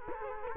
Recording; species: mosquito wingbeat signal from an infrared sensor; Culex quinquefasciatus